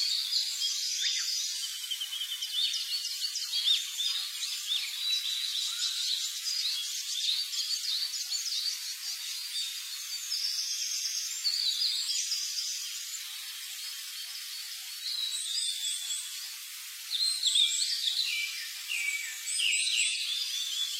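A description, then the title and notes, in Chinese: Early-morning birdsong fills all twenty-one seconds with a dense, overlapping chorus of high, bright chirps and trills. Many birds call at once with no pauses, the level staying fairly even, with a few louder bursts of quick notes near seventeen and twenty seconds. 1小时清晨鸟鸣声丨白噪音。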